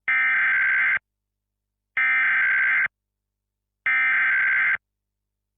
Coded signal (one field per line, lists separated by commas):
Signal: Emergency Alert System (SAME) tones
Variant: header bursts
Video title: Eas analog horror